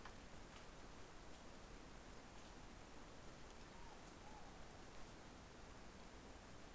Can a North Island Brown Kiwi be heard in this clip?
no